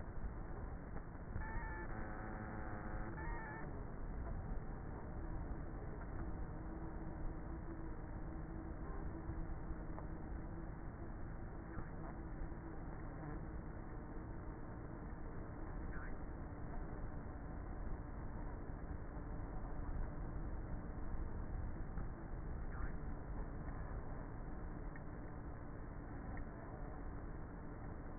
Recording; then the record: honeybee colony, microphone inside the hive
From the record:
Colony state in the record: queenless with a low population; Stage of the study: before two queens were removed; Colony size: about 30,000 bees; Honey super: no